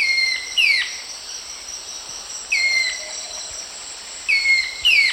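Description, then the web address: Eastern woodhaunter giving bright, downslurred whistled notes roughly every two seconds against a continuous shrill insect chorus. Recorded in the eastern lowlands of South America. "Natures Songs S America Eastern Lowlands. Eastern Woodhaunter"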